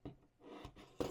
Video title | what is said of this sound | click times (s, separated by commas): Lego Star Wars V-19 Torrent Build and Review!! | flip it back up and it just connects with this little pin and pops right in. | 1.0 s